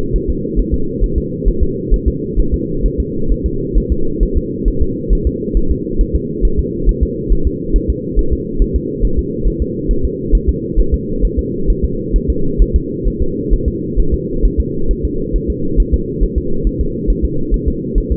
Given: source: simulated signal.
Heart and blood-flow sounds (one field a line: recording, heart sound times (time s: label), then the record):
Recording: fetal heart sounds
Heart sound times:
0.16 s: S1
0.30 s: S2
0.59 s: S1
0.74 s: S2
1.04 s: S1
1.18 s: S2
1.48 s: S1
1.63 s: S2
1.94 s: S1
2.08 s: S2
2.39 s: S1
2.54 s: S2
2.86 s: S1
3.00 s: S2
3.32 s: S1
3.46 s: S2
3.77 s: S1
3.92 s: S2
4.23 s: S1
4.37 s: S2
4.68 s: S1
4.82 s: S2
5.13 s: S1
5.27 s: S2
5.57 s: S1
5.71 s: S2
6.01 s: S1
6.16 s: S2
6.45 s: S1
6.59 s: S2
6.89 s: S1
7.03 s: S2
7.33 s: S1
7.47 s: S2
7.76 s: S1
7.90 s: S2
8.19 s: S1
8.33 s: S2
8.62 s: S1
8.76 s: S2
9.05 s: S1
9.19 s: S2
9.48 s: S1
9.62 s: S2
9.91 s: S1
10.05 s: S2
10.35 s: S1
10.49 s: S2
10.80 s: S1
10.94 s: S2
11.25 s: S1
11.39 s: S2
11.70 s: S1
11.84 s: S2
12.16 s: S1
12.30 s: S2
12.62 s: S1
12.76 s: S2
13.08 s: S1
13.22 s: S2
13.53 s: S1
13.68 s: S2
13.99 s: S1
14.14 s: S2
14.45 s: S1
14.60 s: S2
14.91 s: S1
15.05 s: S2
15.36 s: S1
15.50 s: S2
15.80 s: S1
15.94 s: S2
16.23 s: S1
16.38 s: S2
16.67 s: S1
16.81 s: S2
17.10 s: S1
17.25 s: S2
17.54 s: S1
17.68 s: S2
17.98 s: S1
18.12 s: S2
From the record:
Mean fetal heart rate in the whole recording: 135 bpm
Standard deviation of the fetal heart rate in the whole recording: 3 bpm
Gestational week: 36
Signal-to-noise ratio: -8.1 dB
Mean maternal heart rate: 72 bpm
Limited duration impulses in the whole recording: absent